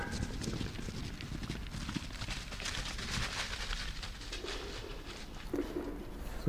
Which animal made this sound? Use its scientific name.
Cervus elaphus